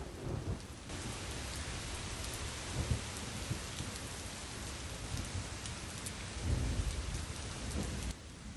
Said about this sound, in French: Puis la tempête cessa, petit à petit noyée dans des averses, et les pluies durèrent 2 jours.